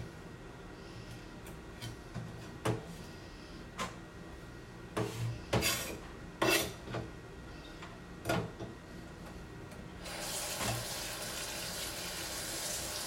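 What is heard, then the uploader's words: Cabbage is shredded: a handful of crisp, crunchy strokes land irregularly through the first eight seconds, some sharp, others softer. Over a low hum, a steady bright rush like running tap water starts around ten seconds and continues to the end. ASMR｜Shredding Cabbage.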